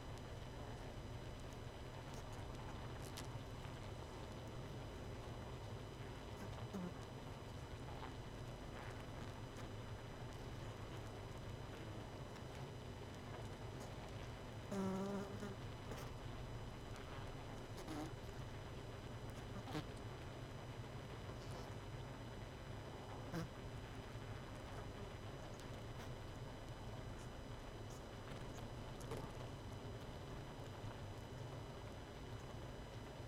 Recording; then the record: honeybee colony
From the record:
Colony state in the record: missing queen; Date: 31 May 2018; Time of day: 21:59